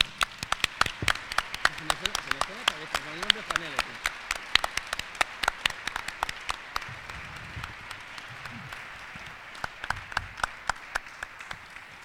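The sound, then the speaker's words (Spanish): An audience applauds a young performer steadily for about twelve seconds, a dense patter of many hands with sharp individual claps standing out, while faint voices murmur underneath. “Y aquí pongo, pues este chaval es un auténtico monstruo y vamos a darle otro aplauso.”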